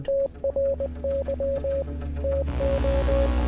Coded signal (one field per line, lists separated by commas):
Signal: Morse code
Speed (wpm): 20 wpm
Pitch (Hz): 550 Hz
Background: radio noise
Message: TRY TO